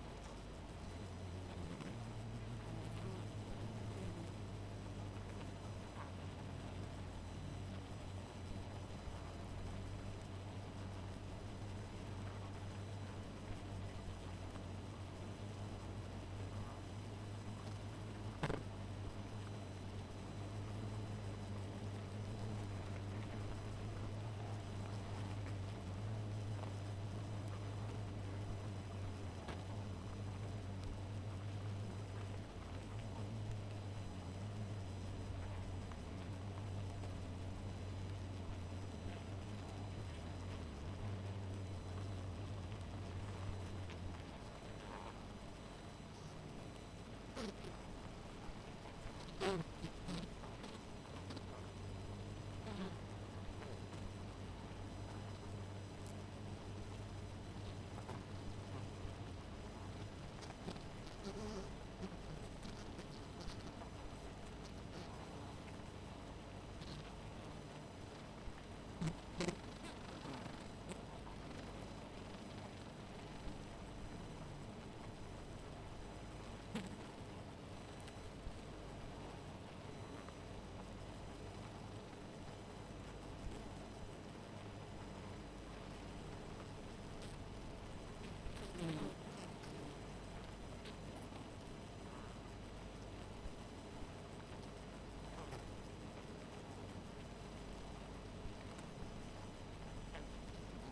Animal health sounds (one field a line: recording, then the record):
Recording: honeybee colony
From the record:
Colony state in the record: missing queen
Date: 14 July 2017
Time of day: 2:33